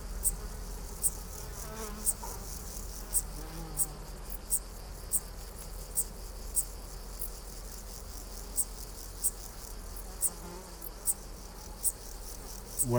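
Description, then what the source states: Splendid bush-cricket song: clipped high-pitched chirps repeated steadily about once a second throughout, with a continuous low background hum underneath. In France, late July, at Col de Carabès between Drôme and Hautes-Alpes, among abundant flowers with constant humming of foraging insects.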